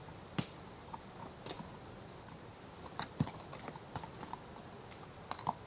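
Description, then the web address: Horse hooves clop and stamp irregularly on rough ground, with scattered sharp knocks over a steady hiss of wind noise. One restless horse on a rough track, with some wind noise. "BBC Horses Restless"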